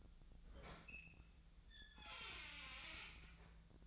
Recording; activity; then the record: daily activity, microphone in the room; open fridge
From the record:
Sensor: 3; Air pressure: 1009.6 hPa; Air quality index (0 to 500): 194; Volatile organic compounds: 15 ppm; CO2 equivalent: 2519 ppm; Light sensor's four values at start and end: 33/81/35/37 and 32/81/34/36